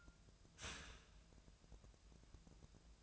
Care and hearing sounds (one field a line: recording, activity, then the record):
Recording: daily activity, microphone in the room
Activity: start toaster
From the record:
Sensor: 2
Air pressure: 1000.0 hPa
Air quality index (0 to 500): 149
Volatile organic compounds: 2 ppm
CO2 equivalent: 1263 ppm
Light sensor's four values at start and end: 19/49/20/22 and 19/49/20/22